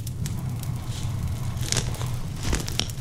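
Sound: crackling campfire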